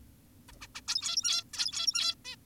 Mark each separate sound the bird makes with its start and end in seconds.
0.49-0.52, 0.61-0.67, 0.75-0.81, 0.88-1.44, 1.54-2.15, 2.25-2.36